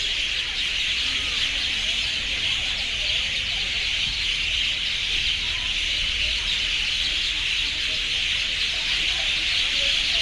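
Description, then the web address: Bird: unbroken high-pitched screaming from a crowd of birds, steady in loudness, over a low background rumble. Urban city ambience; extreme screaming from birds. "City Sounds AMBUrbn Birds, Scream, Extreme"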